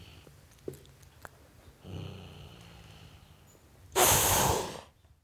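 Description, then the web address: Domestic cat giving a single loud, sharp, airy hiss near the end, after quieter breathy sounds and a few faint clicks. Tom cat hissing at a dog. "The BBC Sound Effects Library - Complete 60 CDs Collection Sound Effects Library-44 (Cats) 51 Tom Cat Hissing At Dog"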